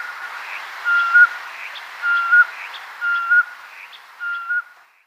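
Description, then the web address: Common scoter piping whistles, each a level, clear note with a small upturn at the end, given roughly once a second, four times, then fading out. Males. "Schulze Peter Common Scoter males"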